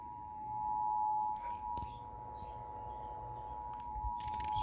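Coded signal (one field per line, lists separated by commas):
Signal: Emergency Alert System (SAME) tones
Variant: 853 and 960 Hz attention tone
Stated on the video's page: Amber Alert EAS broadcast caught on TV.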